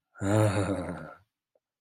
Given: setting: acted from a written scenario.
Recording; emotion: vocal sound without words; elation